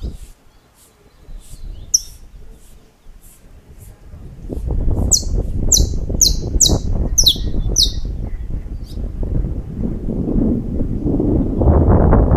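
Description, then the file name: Saffron finch song, starting with soft, scattered ticking notes, then a quick burst of loud, downward-sliding chirps as a low rumbling noise swells beneath. "Canto-do-Canário-da-Terra"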